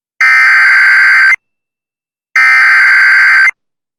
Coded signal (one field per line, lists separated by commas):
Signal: Emergency Alert System (SAME) tones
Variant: header bursts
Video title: It Still Won't End | EAS Alerts from 8/29/2022 (EAS #1486-1499)